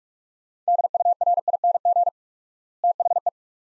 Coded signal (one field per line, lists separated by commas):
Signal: Morse code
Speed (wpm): 47 wpm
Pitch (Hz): 700 Hz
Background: none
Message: DURING THE